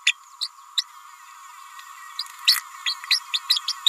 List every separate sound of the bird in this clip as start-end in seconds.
0.06-0.13, 0.41-0.48, 0.77-0.83, 2.19-2.23, 2.46-2.56, 2.85-2.95, 3.10-3.20, 3.33-3.39, 3.49-3.59, 3.67-3.72